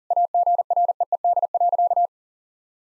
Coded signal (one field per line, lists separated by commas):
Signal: Morse code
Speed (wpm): 40 wpm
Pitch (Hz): 700 Hz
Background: none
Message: AGREED.